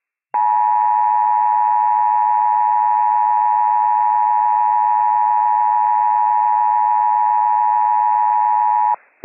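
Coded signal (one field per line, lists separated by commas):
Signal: Emergency Alert System (SAME) tones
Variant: 853 and 960 Hz attention tone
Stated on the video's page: Emergency Alert System weekly and monthly test alerts.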